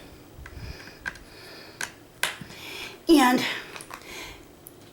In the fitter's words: and hold it on the other side as you pop it in you know just to get your angle right